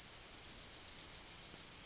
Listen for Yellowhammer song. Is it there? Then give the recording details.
yes. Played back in forest. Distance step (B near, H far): C. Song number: 157